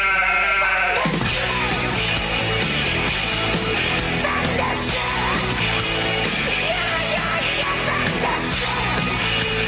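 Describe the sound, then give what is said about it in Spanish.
A flock of sheep bleats continuously, many overlapping wavering cries at once, loud and dense throughout with no speech. “El rebaño está a punto de llegar.”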